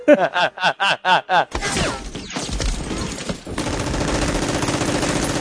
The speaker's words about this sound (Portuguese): Sacou a arma e deu um tiro no Ferdinando e deu um tiro na esposa dele